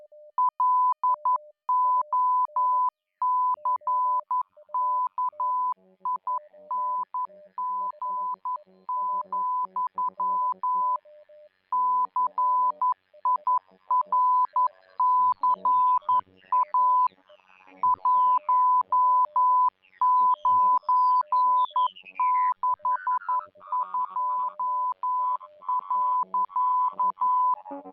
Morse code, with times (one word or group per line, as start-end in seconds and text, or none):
0.4-11.0 LOCKING,
11.7-17.1 CIRCA
17.8-27.5 1962.